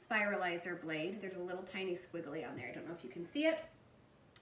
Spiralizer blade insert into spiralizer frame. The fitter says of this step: go in like this it just sets and snaps right into here